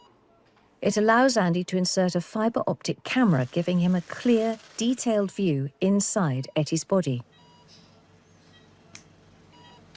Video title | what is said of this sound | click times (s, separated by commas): The Vet's: Dog Flossie, a former racer starting a new life as a therapy dog. | So, I heard that click, which means I'm pretty much in. | 9.0 s